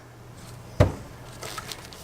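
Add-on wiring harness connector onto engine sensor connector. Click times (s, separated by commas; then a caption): 0.8 s. The female end of a RaceChip add-on module wiring harness is pushed onto the male plastic connector of the factory engine sensor on an Alfa Romeo Giulia 2.0T / Stelvio 2.0L until it locks, and the grey locking tab is pressed down until it snaps. A sharp click sounds at 0.8 s, followed by a few faint ticks and handling noises. The connector is seated and locked.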